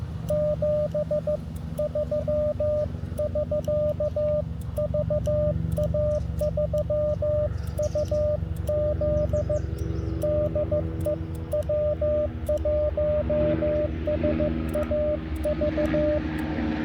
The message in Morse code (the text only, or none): 73 <SK> VA3UZ DE W1SAV